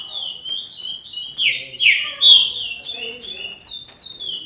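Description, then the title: Green-winged saltator song: a rapid run of loud, slurred whistled notes, some swooping down then up, delivered in a continuous flowing phrase. "Trinca Ferro"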